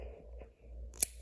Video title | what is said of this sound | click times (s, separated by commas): S&W Shield, Sig P365, Springfield Hellcat, a 12 Gauge, and a few Knives | and this one's got a real nice crisp snap to | 1.0 s